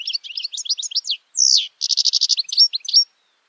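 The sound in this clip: Bird song of rapid high chirps and warbled notes, a buzzy descending slur midway, then a fast even trill of repeated notes ending in short chirps.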